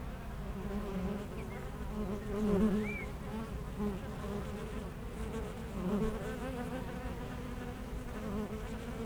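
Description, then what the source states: Honey bees give a continuous low hum, with louder passes of single bees and a brief rising bird whistle near the start. Foraging honey bees flying back and forth to flowers between two hives at a garden apiary in Aix-les-Bains, France; some birds in the nearby woods.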